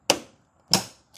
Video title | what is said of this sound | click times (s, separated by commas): Episode 11 - Installing KUNGKIC Sequential Side Marker Lights on a 2026 Subaru BRZ | Top and bottom clicked into place. | 0.1 s, 0.7 s